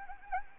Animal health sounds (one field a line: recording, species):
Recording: mosquito wingbeat signal from an infrared sensor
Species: Anopheles gambiae